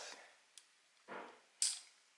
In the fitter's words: You Hear The Click